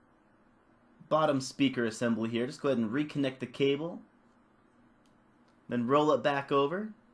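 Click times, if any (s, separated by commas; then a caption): none. Someone talks while reconnecting the cable on the bottom speaker assembly of a Sony Xperia Z1s smartphone and then rolling the assembly back over toward its plastic housing in the frame. Only speech is heard, with quiet pauses between phrases. Nothing has seated or clicked yet.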